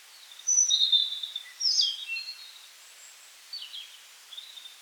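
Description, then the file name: European robin song, delicate high phrases of thin whistles and twittering notes, a louder burst at the start followed by fainter sparkling fragments. "rotkehlchen"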